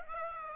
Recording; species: mosquito wingbeat signal from an infrared sensor; Aedes aegypti